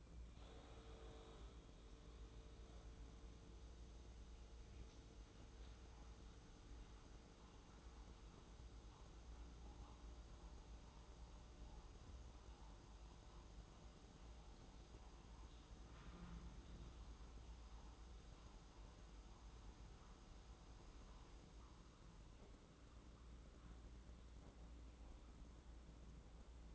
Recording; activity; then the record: daily activity, microphone in the room; make coffee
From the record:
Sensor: 3